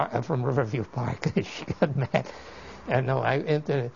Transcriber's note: he laughs